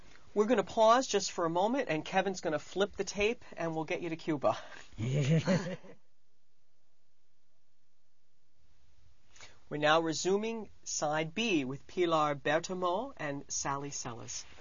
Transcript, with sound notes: We're going to pause just for a moment, and Kevin's going to flip the tape, and we'll get you to Cuba.
Yeah. ( she laughs )
We're now resuming Side B with Pilar Bertomeu and Sally Selles.